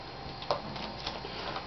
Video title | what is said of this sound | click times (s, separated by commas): Laptop Screen Replacement - Asus X54C | little screwdriver just pop it and you'll feel it click and lock in place once | 0.5 s